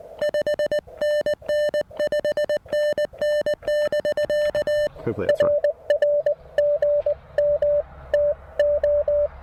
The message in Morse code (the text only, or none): 5NN 5NN <BK> RR GM TO